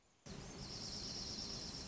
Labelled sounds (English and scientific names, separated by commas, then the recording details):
Dark-eyed Junco (Junco hyemalis)
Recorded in Sonoma County, California